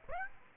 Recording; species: mosquito wingbeat signal from an infrared sensor; Aedes aegypti